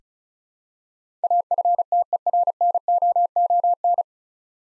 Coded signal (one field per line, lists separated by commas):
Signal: Morse code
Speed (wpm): 36 wpm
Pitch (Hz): 700 Hz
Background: none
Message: AFTERNOON